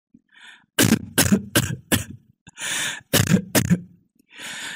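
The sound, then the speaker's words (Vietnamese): An elderly, ill woman coughs at night inside a house in two long fits, four harsh hacks then three more, with raspy, wheezing breaths drawn in between and after. No one speaks. “Từ bên trong nhà vang lên đều đều tiếng ho dài của bà.”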